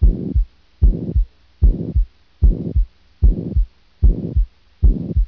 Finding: Pansystolic Murmur.